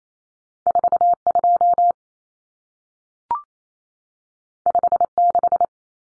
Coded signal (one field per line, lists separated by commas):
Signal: Morse code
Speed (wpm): 28 wpm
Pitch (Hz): 700 Hz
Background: none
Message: 42 56